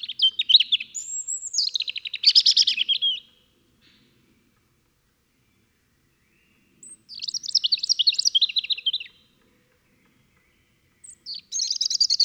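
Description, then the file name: European robin song, high thin warbling phrases with sweet whistles and rapid trills, three bursts separated by silent pauses. "Erithacus rubecula"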